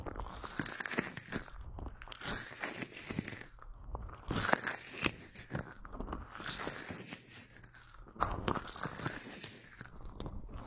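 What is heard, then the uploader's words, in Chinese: Latex gloves are rubbed and massaged, making dense, crinkly, sticky crackles with a chewy, crunching texture. The sound swells and sweeps in slow waves, with sharper squeaky bursts around four and a half and eight seconds. 乳胶手套 催眠按摩。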